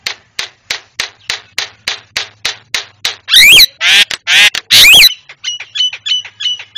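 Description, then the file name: Javan myna song: evenly spaced dry clicking notes, then several loud harsh squawks with sharp whistles, ending in a run of quieter chirps. Training call for cage birds, white-eyed form. "masteran jalak kebo mata putih"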